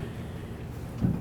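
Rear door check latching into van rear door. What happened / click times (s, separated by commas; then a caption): Handled, not yet home: no seating click, only a dull low thump near 1.0 s / none. A new metal door check on the rear door of a 2010-2013 Ford Transit van is handled as the door is carefully shut so the check slides along the edge toward its latching position inside the door. A steady low rumble fills the clip, swelling slightly in the low end around 1.0 s. Nothing has seated or clicked yet.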